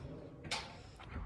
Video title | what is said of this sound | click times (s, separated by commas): latest sliding door design Aluminium Windows Sliding | देखो पूरी lock हो गई बढ़िया एकदम। | 0.4 s